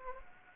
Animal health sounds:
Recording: mosquito wingbeat signal from an infrared sensor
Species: Anopheles gambiae

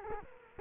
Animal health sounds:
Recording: mosquito wingbeat signal from an infrared sensor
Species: Culex quinquefasciatus

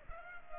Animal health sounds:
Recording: mosquito wingbeat signal from an infrared sensor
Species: Culex pipiens

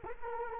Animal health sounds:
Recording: mosquito wingbeat signal from an infrared sensor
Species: Culex quinquefasciatus

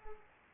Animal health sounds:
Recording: mosquito wingbeat signal from an infrared sensor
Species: Culex pipiens

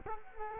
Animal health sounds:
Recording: mosquito wingbeat signal from an infrared sensor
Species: Culex quinquefasciatus

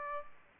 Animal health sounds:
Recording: mosquito wingbeat signal from an infrared sensor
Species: Aedes aegypti

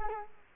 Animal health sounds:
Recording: mosquito wingbeat signal from an infrared sensor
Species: Culex quinquefasciatus

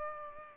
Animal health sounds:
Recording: mosquito wingbeat signal from an infrared sensor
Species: Culex pipiens

